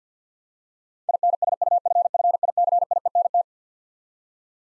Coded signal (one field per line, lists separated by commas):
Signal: Morse code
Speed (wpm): 50 wpm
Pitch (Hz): 700 Hz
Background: none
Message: INSUFFICIENT